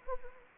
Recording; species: mosquito wingbeat signal from an infrared sensor; Anopheles arabiensis